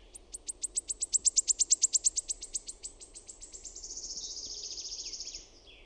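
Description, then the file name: Wood warbler song: high, thin ticking notes that speed up into a long shivering trill, then stop abruptly. "SIRITTAJA"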